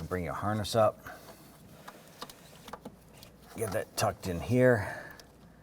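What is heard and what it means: A wiring harness on a 1994-2004 Chevrolet S10 is brought up and tucked in during a wiper motor replacement, handled toward the body mount for its plastic retaining clip while someone talks. Between the talking come a few faint, short ticks and handling sounds. Nothing has seated or clicked yet.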